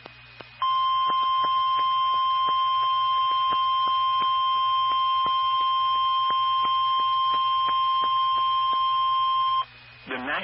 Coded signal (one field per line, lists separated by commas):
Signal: Emergency Alert System (SAME) tones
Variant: 1050 Hz attention tone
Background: speech